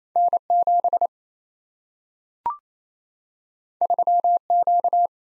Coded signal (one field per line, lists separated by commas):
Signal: Morse code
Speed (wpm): 27 wpm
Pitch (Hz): 700 Hz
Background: none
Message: N7 3Q